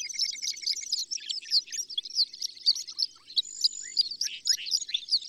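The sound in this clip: Horned lark: high, busy tinkling song of a horned lark, with crowded squeaky chips and short slurred notes, plus a brief series of lower evenly spaced ticks at the start.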